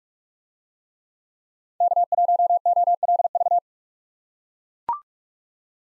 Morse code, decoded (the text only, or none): K1OLV